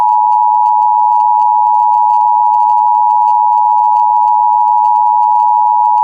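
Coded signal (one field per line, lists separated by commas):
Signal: Emergency Alert System (SAME) tones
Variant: 853 and 960 Hz attention tone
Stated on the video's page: Fictional scenario alert.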